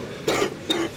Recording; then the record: coughing mixed with background sound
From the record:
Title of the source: 60 coughing still (deep and wet cough)